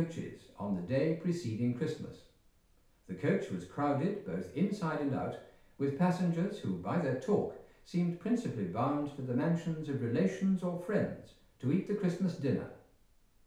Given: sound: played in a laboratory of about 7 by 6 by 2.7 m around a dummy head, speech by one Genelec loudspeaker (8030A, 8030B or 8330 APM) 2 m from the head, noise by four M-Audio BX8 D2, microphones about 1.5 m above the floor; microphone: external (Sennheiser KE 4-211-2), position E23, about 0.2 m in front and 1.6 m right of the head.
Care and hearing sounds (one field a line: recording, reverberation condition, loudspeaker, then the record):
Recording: male speech in English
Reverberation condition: medium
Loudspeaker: in front (0 degrees)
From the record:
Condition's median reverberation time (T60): about 510 ms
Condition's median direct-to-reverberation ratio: about -0.5 dB